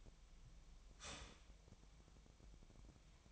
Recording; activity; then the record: daily activity, microphone in the room; start toaster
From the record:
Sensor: 1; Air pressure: 1002.0 hPa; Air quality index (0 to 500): 238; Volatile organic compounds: 43 ppm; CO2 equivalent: 3192 ppm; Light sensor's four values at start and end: 10/36/13/15 and 10/36/13/15